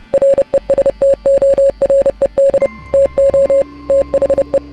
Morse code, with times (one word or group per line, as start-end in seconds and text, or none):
0.1-2.7 RESTORED
2.9-3.6 TO
3.9-4.6 THE